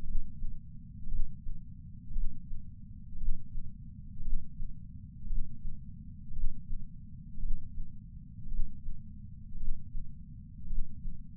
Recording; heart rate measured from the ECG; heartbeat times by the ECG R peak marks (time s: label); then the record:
heart sounds by patch sensor on the chest; 56 bpm
0.03 s: heartbeat
1.07 s: heartbeat
2.11 s: heartbeat
3.16 s: heartbeat
4.20 s: heartbeat
5.25 s: heartbeat
6.31 s: heartbeat
7.38 s: heartbeat
8.47 s: heartbeat
9.56 s: heartbeat
10.65 s: heartbeat
From the record:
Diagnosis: coronary artery disease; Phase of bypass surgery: intraoperative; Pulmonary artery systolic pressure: 28 mmHg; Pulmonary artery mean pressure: 14 mmHg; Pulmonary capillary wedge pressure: 11 mmHg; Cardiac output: 5.5 L/min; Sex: male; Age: 57 years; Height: 175 cm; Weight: 80 kg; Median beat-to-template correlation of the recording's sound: 0.94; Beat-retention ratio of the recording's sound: 0.97